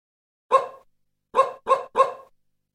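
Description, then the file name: Dog barking, one short sharp bark followed after a pause by three quick barks in a row, no other sounds. "cani dog"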